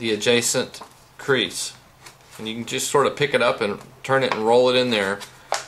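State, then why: Not seated. Someone talks while the final locking flap of a folded paper origami box is picked up, turned and rolled toward its slot beside the adjacent crease, with two brief sharp sounds near 5.5 and 5.7 seconds. The flap is still being handled, and nothing has seated or clicked yet.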